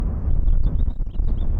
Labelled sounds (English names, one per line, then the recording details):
House Finch song
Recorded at Neponsit on Long Island, New York, on 4 June 1975
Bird C